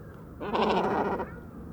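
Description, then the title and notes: Great cormorant utters a single harsh, throaty croak lasting under a second, against a faint low hum. Evening roost of many birds on fishermen's posts at the shore of Vaccarès, Camargue, 4 January 2020; incessant conflicts over limited space until nightfall; distant car murmur; Mixp3 recorder, MKH40 microphone. "Dortoir de Grands cormorans. 04 janvier 2020-Bord du Vaccarès - Camargue"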